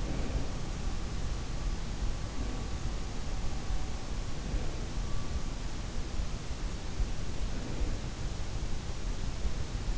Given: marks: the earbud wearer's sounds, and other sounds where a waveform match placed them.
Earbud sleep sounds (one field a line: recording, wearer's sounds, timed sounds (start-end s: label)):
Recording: sounds in sleep by an in-ear microphone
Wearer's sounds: breath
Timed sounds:
0.00-0.90 s: breath
7.30-8.72 s: breath